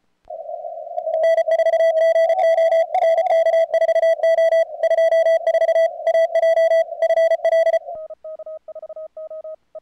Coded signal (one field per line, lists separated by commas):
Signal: Morse code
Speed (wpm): 34 wpm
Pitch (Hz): 3300 Hz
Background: radio noise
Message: N4GO NK4O 24 AJ FL